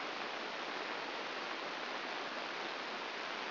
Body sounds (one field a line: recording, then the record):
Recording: brain microelectrode recording played as sound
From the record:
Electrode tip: inside the subthalamic nucleus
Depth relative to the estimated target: 2 mm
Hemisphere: left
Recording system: AlphaMap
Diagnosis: Parkinson's disease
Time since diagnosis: 15 years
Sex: female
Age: 68 years